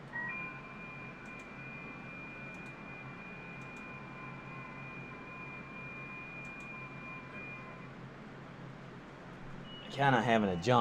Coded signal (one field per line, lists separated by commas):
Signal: FT8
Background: speech